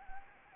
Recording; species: mosquito wingbeat signal from an infrared sensor; Anopheles gambiae